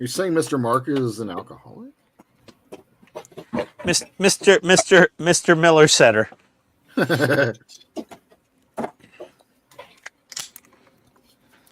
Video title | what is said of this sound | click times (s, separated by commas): HTM Group Build Livestream - Bandai Perfect Grade Millennium Falcon #3 | that was a satisfying click oh I'm putting the panther turret on | 10.4 s